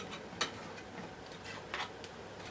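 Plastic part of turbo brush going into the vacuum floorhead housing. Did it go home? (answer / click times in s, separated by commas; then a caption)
yes / 0.4 s. A plastic part of a Miele Cat & Dog STB-205 full-size turbo brush is held vertically and pushed into the vacuum floorhead housing during reassembly, with its sides squeezed together slightly to get it in. A sharp click is heard at 0.4 s, followed by softer plastic knocks around 1.7 s and 2.0 s over a low steady background. The part clicks in and is seated.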